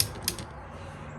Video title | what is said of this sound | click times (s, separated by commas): Toyota Highlander - Replace Rear Back Wiper Blade | bend it back down until it clicks | 0.0 s